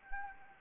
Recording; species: mosquito wingbeat signal from an infrared sensor; Anopheles gambiae